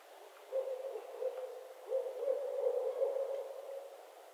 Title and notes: Barred Owl Mating Season in Northern Michigan. Nature is my Jam